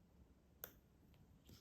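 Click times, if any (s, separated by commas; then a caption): 0.6 s. The small locking flap on the trackpad's flex ribbon cable connector on the logic board of a 2015 MacBook Pro Retina A1502 is lifted to release the cable, since pushing the flap down locks it and lifting it up releases it. A single sharp click at 0.6 s marks the flap flipping open over a low background hum, followed by a couple of faint, softer ticks. The latch is released.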